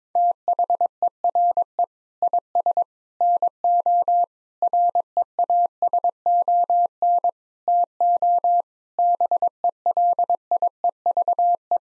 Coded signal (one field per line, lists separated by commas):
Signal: Morse code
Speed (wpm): 22 wpm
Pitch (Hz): 700 Hz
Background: none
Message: THERE IS NO REASON TO BELIEVE